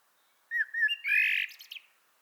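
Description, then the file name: Common blackbird song: a fluted whistled phrase, then a brief high, squeaky twittering flourish to close. "Turdus merula"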